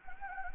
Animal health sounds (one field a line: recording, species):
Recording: mosquito wingbeat signal from an infrared sensor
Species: Anopheles gambiae